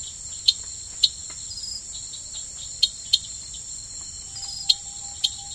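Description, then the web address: Eleutherodactylus variabilis frog gives short, bright clicking notes, some in quick pairs, spaced unevenly against a continuous high insect drone. Recorded in the Ecuadorian Amazon, South America. "Natures Songs. Frogs of Ecuadorian Amazon Eleutherodactylus variabilis"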